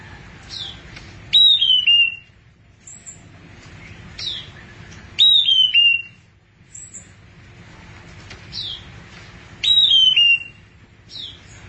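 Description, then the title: Thrush song repeating a loud descending whistled phrase about every four seconds, with thin high notes and chirps filling the gaps. "burung anis x"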